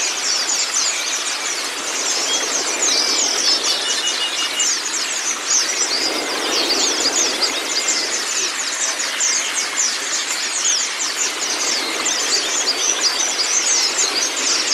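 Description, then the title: White-eye song: dense, continuous high twittering with rapid chirps and trills pouring out without pause over a steady hiss. White-eye (pleci kacamata si putih) song on a training recording (masteran) meant to get a silent (bisu) pleci singing constantly (gacor). "mster Mnuk. Terapi Pleci Bisu Menjadi Gacor Abis. Masteran Pleci Kacamata Si Putih"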